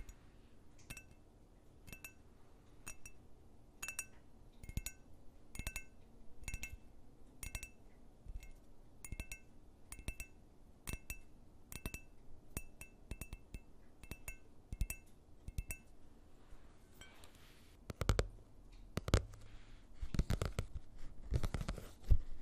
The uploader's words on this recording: ASMR tapping on different objects at varied speeds. Soft and hard tapping with nails and finger pads.